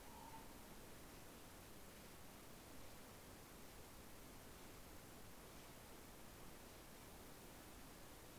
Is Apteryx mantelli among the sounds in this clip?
no